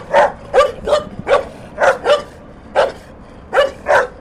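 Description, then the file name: Dog barks arriving singly and in pairs, evenly loud, with a short pause before the final few barks. Dogs recorded in Denver. "scarier Denver dogs"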